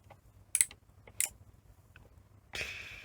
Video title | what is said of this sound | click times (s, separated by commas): Sony SL-C20 Betamax - Front loading system and reel motor issues plus making it reliable. | Um, tick tick when you push the cassette in. | 0.6 s, 1.2 s